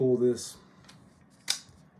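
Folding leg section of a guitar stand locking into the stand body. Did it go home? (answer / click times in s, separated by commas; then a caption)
yes / 1.5 s. A folding leg section of a Hercules GS415BPLUS guitar stand is pulled out into position on the stand body while someone talks. It locks into place with a sharp click at 1.5 s, after a faint tick at 0.9 s.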